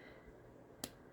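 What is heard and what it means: A plastic twist cap on a tube of denture reline material is twisted until it gives a single sharp pop at 0.8 seconds, a brief broadband snap over a quiet background. The cap is seated and won't twist any further.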